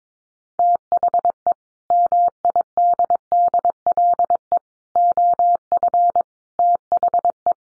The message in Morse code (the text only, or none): THE MIDDLE OF THE